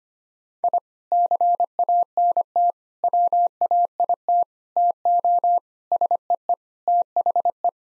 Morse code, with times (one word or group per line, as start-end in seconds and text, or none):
0.6-0.8 I
1.1-2.7 CANT
3.0-4.4 WAIT
4.8-5.6 TO
5.9-6.5 SEE
6.9-7.7 THE